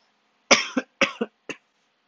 Coughing.